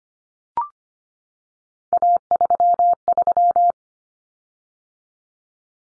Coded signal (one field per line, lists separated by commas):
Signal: Morse code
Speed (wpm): 25 wpm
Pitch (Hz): 700 Hz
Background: none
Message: A33